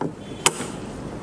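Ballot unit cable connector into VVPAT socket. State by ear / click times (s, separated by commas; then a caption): seated / 0.5 s. A ballot unit cable connector, held only by its wire, is pushed into the VVPAT socket and gives a sharp, bright click at 0.46 s, with a fainter tick right at the start over a low background hum. The connector is seated and will not come out with a light pull.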